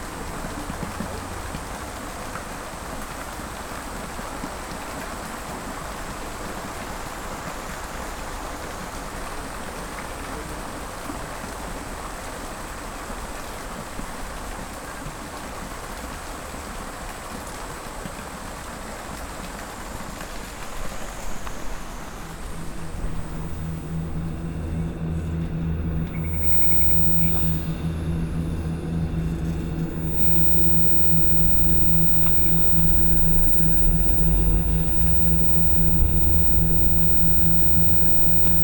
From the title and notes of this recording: This episode is a composition comprising field recordings I made in Kyoto Japan in 2015.